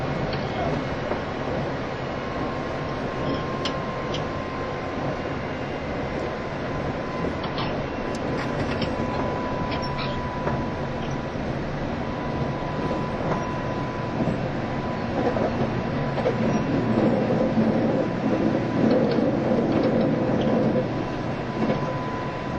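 A JR East E351 series tilting train, running as a limited express Super Azusa, rolls along with a steady dense rumble and rattle. A thin sustained tone hangs through the middle, and from about 15 seconds a brighter, clattering texture with faint tonal blips joins in.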